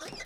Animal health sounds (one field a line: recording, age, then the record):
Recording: pig call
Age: piglet (1 to 25 days)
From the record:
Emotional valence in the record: negative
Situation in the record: long isolation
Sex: female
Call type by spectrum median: low-frequency call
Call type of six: high-frequency stable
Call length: 0.26 s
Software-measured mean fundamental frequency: 237 Hz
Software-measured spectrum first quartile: 943 Hz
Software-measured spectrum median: 2167 Hz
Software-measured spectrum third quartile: 4916 Hz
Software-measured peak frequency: 2025 Hz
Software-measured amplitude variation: 153 dB a second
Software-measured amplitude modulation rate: 17.6 a second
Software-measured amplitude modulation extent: 8.7 dB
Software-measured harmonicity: 2.6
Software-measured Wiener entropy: -1.75